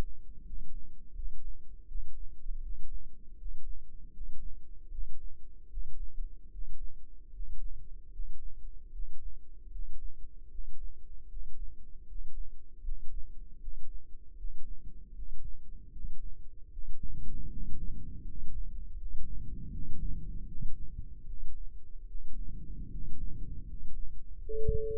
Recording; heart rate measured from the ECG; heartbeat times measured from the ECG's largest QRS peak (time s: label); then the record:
heart sounds by microphone in the left ear; 78 bpm
0.44 s: heartbeat
1.14 s: heartbeat
1.86 s: heartbeat
2.60 s: heartbeat
3.36 s: heartbeat
4.11 s: heartbeat
4.89 s: heartbeat
5.68 s: heartbeat
6.49 s: heartbeat
7.30 s: heartbeat
8.10 s: heartbeat
8.90 s: heartbeat
9.70 s: heartbeat
10.49 s: heartbeat
11.27 s: heartbeat
12.05 s: heartbeat
12.82 s: heartbeat
13.58 s: heartbeat
14.35 s: heartbeat
15.13 s: heartbeat
15.90 s: heartbeat
16.69 s: heartbeat
17.48 s: heartbeat
18.22 s: heartbeat
18.94 s: heartbeat
19.69 s: heartbeat
20.46 s: heartbeat
21.24 s: heartbeat
22.05 s: heartbeat
22.88 s: heartbeat
23.64 s: heartbeat
24.37 s: heartbeat
From the record:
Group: healthy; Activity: rest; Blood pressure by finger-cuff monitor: 105/70 mmHg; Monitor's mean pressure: 77 mmHg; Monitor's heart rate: 79 bpm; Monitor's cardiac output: 6.3 L/min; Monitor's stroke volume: 81 mL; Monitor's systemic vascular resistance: 890 dyn s/cm5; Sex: male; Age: 35 years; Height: 180 cm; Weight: 86.9 kg